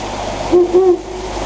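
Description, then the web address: Owl hooting, a low short note followed by a slightly longer, gently arched hoot, over a steady background hiss. "sikioto. fukurou"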